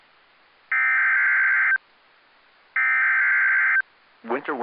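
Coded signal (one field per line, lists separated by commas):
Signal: Emergency Alert System (SAME) tones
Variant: header bursts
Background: speech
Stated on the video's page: Winter storm watch on NOAA weather radio station Toledo, 162.500 MHz, transmitter in Holland, Ohio; sent without an attention tone, apparently toned by accident.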